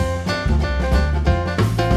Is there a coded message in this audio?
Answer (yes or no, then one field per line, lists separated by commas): no